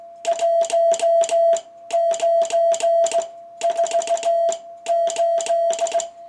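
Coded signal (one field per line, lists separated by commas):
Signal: Morse code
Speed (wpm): 17 wpm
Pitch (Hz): 660 Hz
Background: none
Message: 1948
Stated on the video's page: On-air demonstration of a 1948 Micamold XTR-1 kit transmitter with a clean, chirp-free signal; the slight warble comes from side-tone pickup, not the signal.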